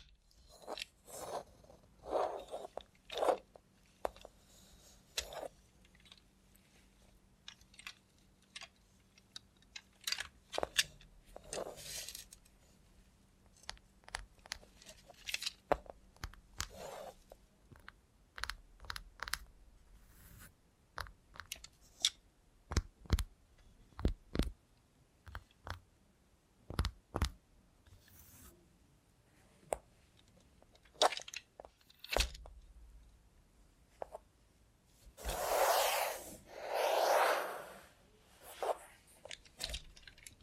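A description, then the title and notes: ASMR with a robot hand: irregular mechanical clicks and taps, like plastic joints snapping and fingers tapping, scattered throughout. A faint low hum sits under the first half, and around 35–38 seconds louder rustling, scraping bursts take over. Try ASMR with a Robot Hand (No Talking).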